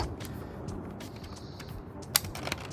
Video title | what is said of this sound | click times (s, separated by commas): Don’t Make The Same Mistake I Did: E93 M3 Fan Blade Replacement E92 E90 Repair Broken Fan BMW | you go it's clicked into place so your connection is ready now | 2.2 s